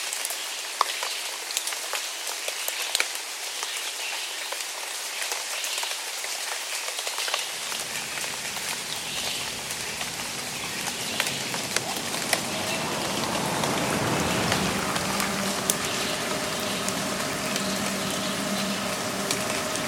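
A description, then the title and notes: Steady rain patters densely with sharp drop clicks, and after about seven seconds a low passing rumble, likely traffic, swells beneath it. Burbank Rain. It was a chilly day in late December of 2020 when we were in our apartment in Burbank, CA. Luckily we were blessed with a lovely rainy day that allowed us to go out on the porch and just sit while we smell the rain on the asphalt. This episode was recorded with a "Zoom H8 Field Recorder".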